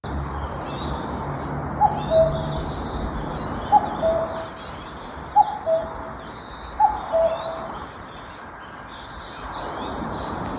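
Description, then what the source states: Common cuckoo giving its two-note cuck-oo, the higher note dropping to a lower one, repeated four times over high chirping of other birds. Recorded in a forest where cuckoos call, 28 May 2022.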